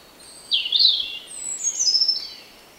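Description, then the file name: European robin song: two thin, high warbled phrases, the second longer, over a quiet hiss. "Erithacus rubecula"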